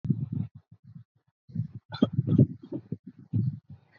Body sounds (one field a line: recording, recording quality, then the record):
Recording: shallow voluntary cough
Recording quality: poor, much background noise or distortion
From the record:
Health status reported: COVID-19 positive, mild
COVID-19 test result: positive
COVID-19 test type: RT-PCR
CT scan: not taken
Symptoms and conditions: fever, loss of smell and taste, diabetes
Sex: male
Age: 28 years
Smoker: yes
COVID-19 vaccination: both doses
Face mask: worn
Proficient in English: yes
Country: India